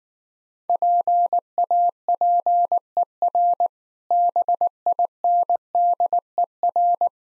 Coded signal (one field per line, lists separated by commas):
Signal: Morse code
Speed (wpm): 19 wpm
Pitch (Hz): 700 Hz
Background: none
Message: PAPER BINDER